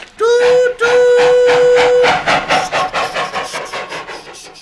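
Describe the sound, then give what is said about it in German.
A steam locomotive blows two sharp whistle blasts, then starts chuffing away in a steady rhythm of hissing puffs that gradually fade. “Also, dann dampf mal los, Thomas.”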